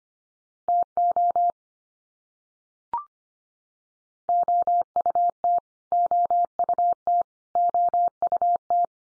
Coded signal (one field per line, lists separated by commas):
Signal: Morse code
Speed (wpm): 25 wpm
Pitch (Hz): 700 Hz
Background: none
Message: TO OUT OUT OUT